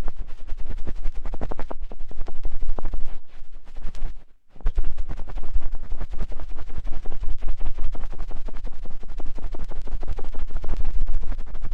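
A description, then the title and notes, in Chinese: A cotton swab cleaning an ear, heard as dense, rapid scratching and rubbing that runs almost without pause. The scraping is rough and gritty with a steady low rumble underneath, briefly thinning near three seconds and dropping out entirely for a moment around four and a half seconds. 棉签清洗耳朵。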